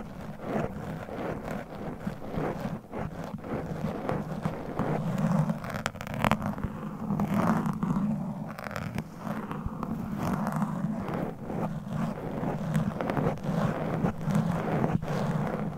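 Claws scratch across a microphone in a dense, irregular stream of rough scrapes and sharp clicks that never pause for the whole stretch. Beneath them sits a steady, low, rumbling hum, which swells slightly louder after about five seconds and then holds even.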